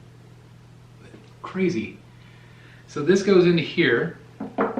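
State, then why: Seated. Someone talks while fitting a detachable part of a 1/3 scale resin/polystone Deathstroke DC Comics statue by Prime 1 Studio into its socket on the statue body. A short, sharp snap is heard at 4.4 s as the part seats in place.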